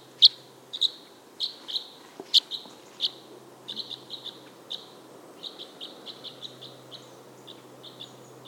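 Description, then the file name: Red crossbill flight calls: sharp, clipped chips repeated in quick, irregular series, louder at first and then softer and more evenly spaced. Type N flight calls. "Red Crossbill Type N FCs"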